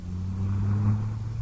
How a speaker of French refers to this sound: Une Chevrolet. Une voiture américaine.